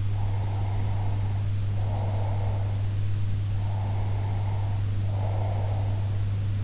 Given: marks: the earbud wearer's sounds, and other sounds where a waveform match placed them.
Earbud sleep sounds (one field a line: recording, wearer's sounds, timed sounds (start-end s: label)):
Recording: sounds in sleep by an in-ear microphone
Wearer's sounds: breath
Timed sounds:
0.14-2.88 s: breath
3.59-6.19 s: breath